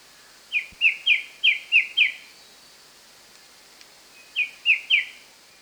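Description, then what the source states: White-browed shrike-babbler song: three quick triplets of clear whistled notes, each note sliding downward, the first two triplets run together, then a pause before the last. Recorded 1 March 2008.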